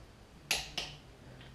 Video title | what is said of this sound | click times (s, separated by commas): sbc crank install swmhs | I'm gonna do a sequence I'm gonna do this one until it clicks | 0.5 s, 0.8 s